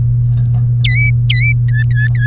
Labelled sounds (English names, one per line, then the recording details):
Domestic Canary song
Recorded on 3 May 2018 at 10:56
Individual llb3